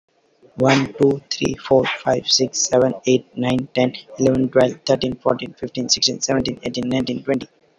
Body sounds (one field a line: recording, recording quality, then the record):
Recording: counting at a fast pace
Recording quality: excellent, no background noise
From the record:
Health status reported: healthy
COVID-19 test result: negative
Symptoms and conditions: cough, diarrhoea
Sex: male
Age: 39 years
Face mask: not worn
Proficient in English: yes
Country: India